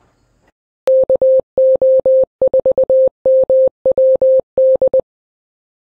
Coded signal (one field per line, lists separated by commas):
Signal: Morse code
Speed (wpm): 20 wpm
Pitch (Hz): 520 Hz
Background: none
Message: KO4MWD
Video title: FT8 on the FT891 settings NO SIGNALINK